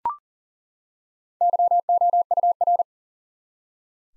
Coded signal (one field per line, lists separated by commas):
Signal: Morse code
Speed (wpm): 40 wpm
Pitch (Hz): 700 Hz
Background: none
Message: YOUR